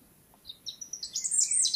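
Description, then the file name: European robin singing a short phrase of high, thin notes that builds into a dense, twittering flourish at the end. "Erithacus rubecula"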